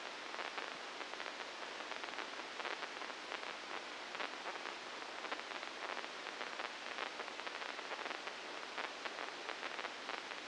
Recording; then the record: brain microelectrode recording played as sound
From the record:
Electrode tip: inside the subthalamic nucleus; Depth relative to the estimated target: -4 mm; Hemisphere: right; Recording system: NeuroSet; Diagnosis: Parkinson's disease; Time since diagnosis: 9 years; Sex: female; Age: 51 years